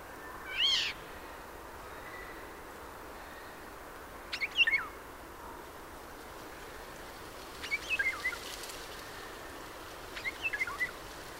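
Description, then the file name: Eurasian jay calls: a harsher note first, then scattered chirpy call groups every few seconds against a steady noisy background. "Garrulus glandarius"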